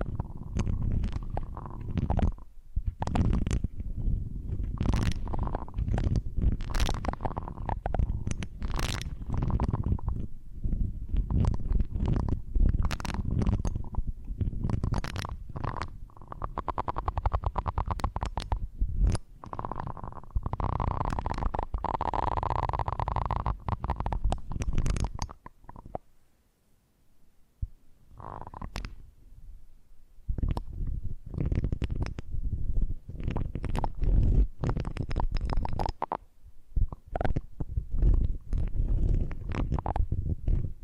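Dense scratching and brushing strokes fill most of the recording, with a smoother rubbing stretch around 20–25 seconds and a brief near-silence near 26 seconds.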